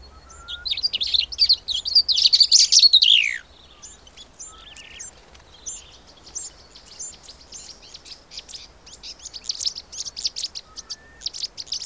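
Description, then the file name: Cape grassbird song: an opening loud rapid burst of scratchy high notes ending in a downward sweep, followed by quieter repeated high chirps and ticks continuing to the end. "Cape Grassbird (Sphenoeacus afer)"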